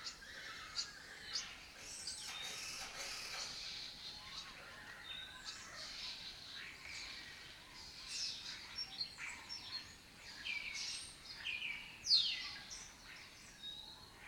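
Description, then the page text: Lesser kestrel calls, harsh notes almost continuously, with occasional sharper bursts toward the end. Colony breeding in an abandoned building complex in Doñana, southern Europe breeding area; migratory raptor that forages in West Africa. "Lesser Kestrels Took Over an Abandoned Building. Here in Doñana"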